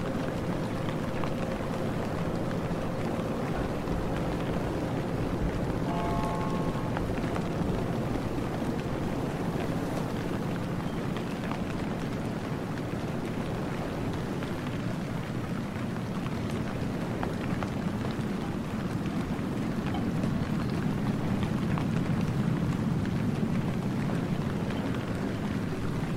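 Rain falls in a steady, dense wash, its hiss filling the low and middle range with countless small taps. A faint tone hums through the first several seconds, with a brief higher chime near six seconds, and the level stays even throughout.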